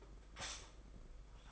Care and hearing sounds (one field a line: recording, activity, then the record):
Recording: daily activity, microphone in the room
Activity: stop toaster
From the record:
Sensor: 5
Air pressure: 991.8 hPa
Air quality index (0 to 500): 168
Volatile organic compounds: 429 ppm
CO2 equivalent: 4719 ppm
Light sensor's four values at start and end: 33/110/41/44 and 33/110/41/44